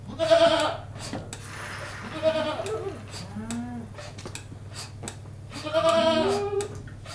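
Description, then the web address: Goat bleating in several wavering, harmonic cries, loud at the start and again near the end, over a steady low mechanical hum with clicks. Single goat being milked by machine. "BBC Sound Effects Library. One Goat Milked By Machine"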